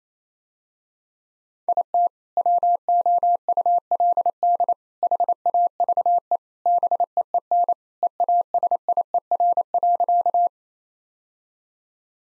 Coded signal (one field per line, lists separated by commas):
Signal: Morse code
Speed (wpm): 28 wpm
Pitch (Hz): 700 Hz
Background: none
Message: IT WOULD HAVE BEEN EASIER.